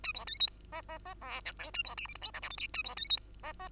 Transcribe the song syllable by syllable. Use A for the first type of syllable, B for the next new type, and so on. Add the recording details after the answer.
A B C D E F F F G H I A B J K L M N O P Q A B C D E F F. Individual Bird2